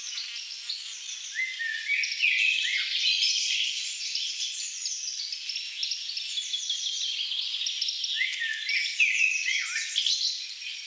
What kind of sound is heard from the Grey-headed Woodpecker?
song